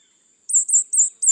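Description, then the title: White-chinned sapphire calling: four sharp, very high chip notes in quick succession over a thin, steady high whine. Nominate subspecies, Hylocharis cyanus cyanus. "LuckyPassaro Completos2Sama. White-chinned Sapphire"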